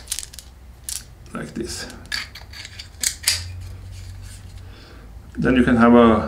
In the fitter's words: And that plate also snaps into place like this.